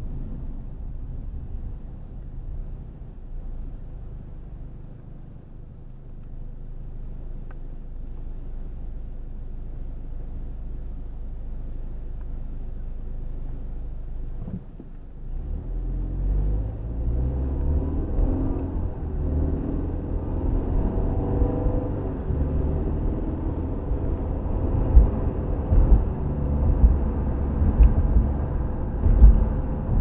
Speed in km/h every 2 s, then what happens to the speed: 10, 2, 0, 0, 0, 0, 0, 6, 21, 31, 40, 52, 53, 56, 61.
0-2 brakes to 2. 2-13 standing. 13-30 pulls away to 61.